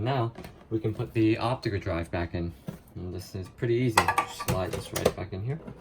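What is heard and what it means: A DVD optical drive is being slid back into the drive bay of a Dell Optiplex 360 desktop case while someone talks. Light metallic handling clatter accompanies the speech. The clip ends before the drive locks in place, and nothing has seated or clicked yet.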